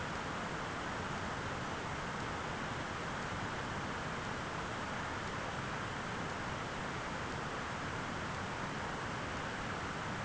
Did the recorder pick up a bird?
no